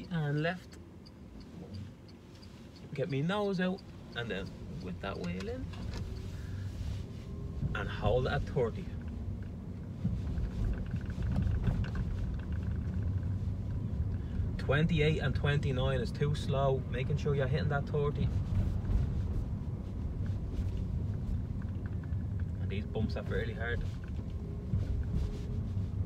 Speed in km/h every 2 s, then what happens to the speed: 0, 0, 2, 19, 26, 30, 29, 30, 31, 31, 29, 21, 21.
0-4 standing. 4-10 pulls away to 30. 10-18 steady at about 30. 18-21 slows to 21.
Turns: none.